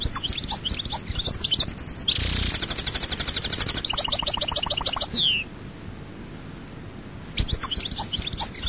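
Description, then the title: European goldfinch song: bubbly tinkling notes, then a harsh buzzing trill and jingling chatter, a brief quiet gap, and the twittering resumes. "Chant Chardonneret"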